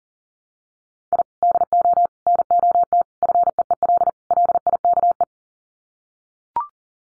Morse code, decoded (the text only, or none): I DO NOT FEEL LIKE